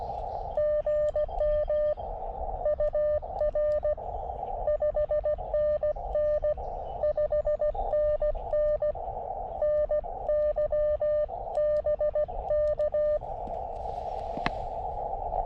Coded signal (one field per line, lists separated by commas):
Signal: Morse code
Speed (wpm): 16 wpm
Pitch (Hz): 600 Hz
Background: radio noise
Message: GM UR 5NN 5NN NYBK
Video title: CW POTA at US 4567 with the KX2 and WRC antenna